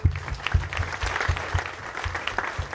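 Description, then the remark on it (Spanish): A crowd applauds steadily at the celebration of the 25th anniversary of the founding of Radio Vizcanal, a dense wash of many hands clapping with no voices standing out, sustained at a moderate level throughout. “Así que a Radio Vizcanal, a ARPAS y a todos nuestros hermanos luchadores y luchadoras, un aplauso, por favor.”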